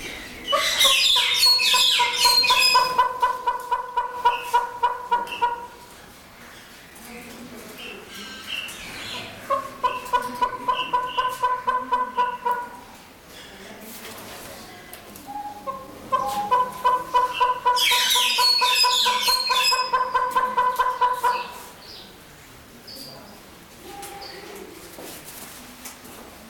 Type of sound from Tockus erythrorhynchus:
call